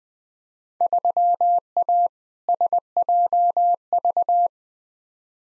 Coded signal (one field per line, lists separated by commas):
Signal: Morse code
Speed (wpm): 20 wpm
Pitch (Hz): 700 Hz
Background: none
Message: 3A SJV